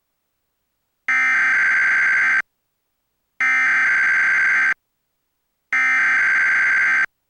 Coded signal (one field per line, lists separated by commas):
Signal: Emergency Alert System (SAME) tones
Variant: header bursts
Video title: Portland Oregon/Vancouver Washington EAS: Required Monthly Test 01/07/20 10:15 AM PDT